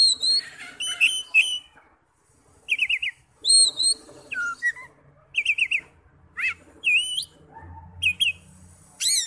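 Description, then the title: Oriental magpie-robin song of wavering whistles and quick slurred notes, phrases repeated with short gaps, faint low hum underneath. "Kacer"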